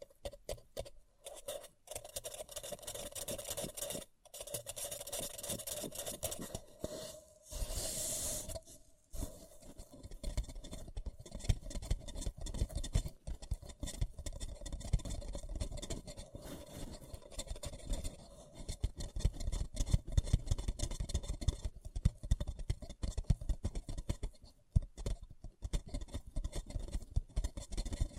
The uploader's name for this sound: Paper Cup Tingles